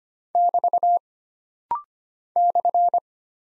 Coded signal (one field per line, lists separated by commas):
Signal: Morse code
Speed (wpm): 25 wpm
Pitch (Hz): 700 Hz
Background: none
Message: <BT> /